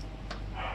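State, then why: Partly seated. A solar cable connector is pushed together into its mating connector, giving a short, sharp click at 0.3 seconds over a steady low background hum. It clicks but may not be fully seated, and someone talks.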